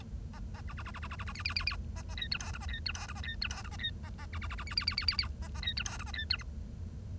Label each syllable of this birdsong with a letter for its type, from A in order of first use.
A A B B B B B B B B C C C C A A D E F G A D E F G A D E F G A D A A B B B B C C C C C C A A D E F G A D E H